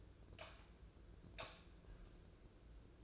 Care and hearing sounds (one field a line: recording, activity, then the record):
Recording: daily activity, microphone in the room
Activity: light on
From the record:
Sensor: 2